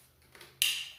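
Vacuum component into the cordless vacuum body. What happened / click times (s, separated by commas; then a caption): The plastic vacuum part clicked into place / 0.6 s. A plastic component is pushed back onto the body of a Proscenic cordless stick vacuum during reassembly. A few faint soft knocks come first, then a sharp, loud, bright click at 0.6 s that rings out briefly. The part seats in place on the vacuum body.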